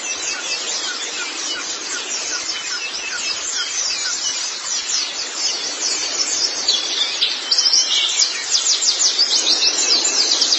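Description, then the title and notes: White-eye song, busy high twittering that builds into louder rapid trilled notes near the end, over constant background hiss. White-eye song (kicauan). "Kicauan Burung Pleci Durasi Panjang. Suara kicauan burung pleci"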